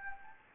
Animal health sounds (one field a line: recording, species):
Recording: mosquito wingbeat signal from an infrared sensor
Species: Anopheles gambiae